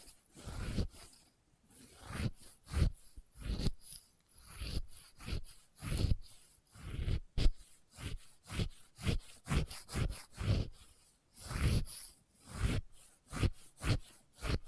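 Experimental triggers made with test tubes: a steady run of short rubbing and scraping strokes, roughly two per second, each with a soft low thump under a dry, rasping hiss. The rhythm stays fairly even for the whole fifteen seconds, with a few louder strokes.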